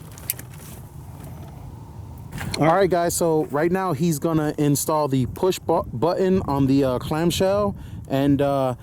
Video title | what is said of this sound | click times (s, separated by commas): Turbo Civic gets a great upgrade (push Start kit) | All you need to do is line it up and then push until you hear a click. | 0.3 s